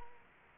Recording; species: mosquito wingbeat signal from an infrared sensor; Culex quinquefasciatus